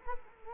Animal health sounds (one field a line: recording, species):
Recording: mosquito wingbeat signal from an infrared sensor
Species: Culex quinquefasciatus